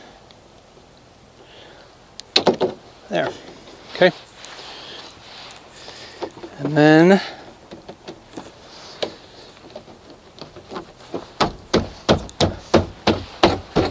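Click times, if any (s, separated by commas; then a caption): 11.4 s, 11.7 s, 12.1 s, 12.4 s, 13.1 s, 13.4 s. Outer window weather stripping is pressed and tapped along the edge of a car door window ledge while someone talks, with a few sharp knocks early on. A run of crisp snaps follows at 11.4, 11.7, 12.1, 12.4, 13.1 and 13.4 seconds as its clips seat, and the strip ends up snapped into place exactly where it should sit.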